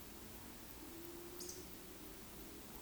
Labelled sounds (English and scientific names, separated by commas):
Eurasian Woodcock (Scolopax rusticola) whistle, Eurasian Woodcock (Scolopax rusticola) croak